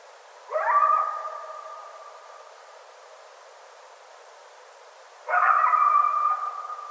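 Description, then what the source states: Coyote howls, two drawn-out steady tones, each starting abruptly and sustained for about a second or more, separated by a quiet gap of several seconds. Several coyotes recorded on 7 August 2011.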